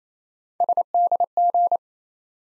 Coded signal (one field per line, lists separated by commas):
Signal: Morse code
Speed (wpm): 27 wpm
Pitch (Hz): 700 Hz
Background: none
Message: SDG